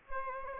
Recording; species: mosquito wingbeat signal from an infrared sensor; Aedes aegypti